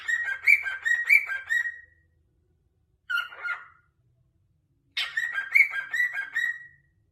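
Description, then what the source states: Cockatiel whistled song: warbling phrases of clear whistles and a shorter burst, with silent pauses between them. Several cockatiels singing and whistling.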